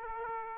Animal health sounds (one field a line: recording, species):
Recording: mosquito wingbeat signal from an infrared sensor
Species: Aedes aegypti